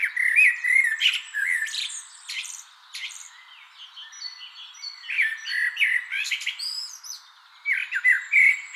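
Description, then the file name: Common blackbird giving busy, varied chirps and squeaky warbled notes in bursts with short pauses. "Turdus merula"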